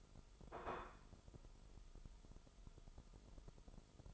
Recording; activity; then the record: daily activity, microphone in the room; place plate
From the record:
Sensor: 5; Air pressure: 988.7 hPa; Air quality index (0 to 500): 236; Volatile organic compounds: 199 ppm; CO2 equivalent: 4208 ppm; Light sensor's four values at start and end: 40/125/48/51 and 40/125/48/51